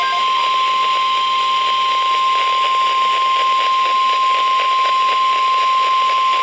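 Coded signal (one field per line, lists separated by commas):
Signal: Emergency Alert System (SAME) tones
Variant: 1050 Hz attention tone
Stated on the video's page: SAME tones of a NOAA Weather Radio severe thunderstorm watch from WXJ87 Madison, WI.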